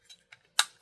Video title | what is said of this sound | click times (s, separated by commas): Daiso: A New Place to Find Survival Gear? | Hear that? It locks in there. | 0.6 s